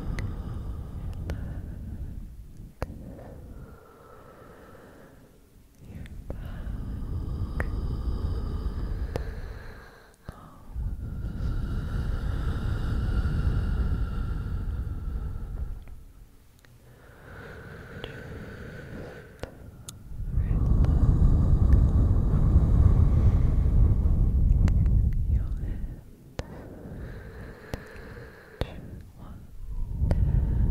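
Close-up breathing and blowing into the microphone, heavy and bassy, coming in long rushes of air that swell and fade every few seconds. Soft clicks and muffled whisper-like sounds sit between the breaths, with the loudest, fullest blow around twenty seconds.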